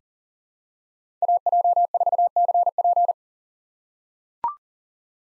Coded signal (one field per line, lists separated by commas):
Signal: Morse code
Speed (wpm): 40 wpm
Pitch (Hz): 700 Hz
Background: none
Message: AJ4CP